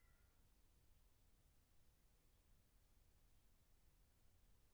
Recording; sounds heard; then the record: poultry house recording; healthy chickens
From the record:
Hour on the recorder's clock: 1